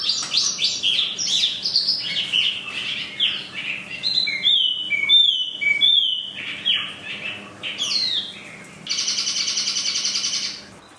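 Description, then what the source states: Chinese hwamei song: rapid mixed whistles, wavering looped notes in the middle, ending with a harsh buzzy stretch before it fades. For training cage birds.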